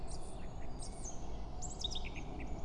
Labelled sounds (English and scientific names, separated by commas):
Eurasian Blackcap (Sylvia atricapilla)